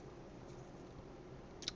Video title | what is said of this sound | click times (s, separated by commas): POS Coby CD / Radio Aux input mod Part 2 | just goes in here and it pushes in kind of locks in place now | 1.7 s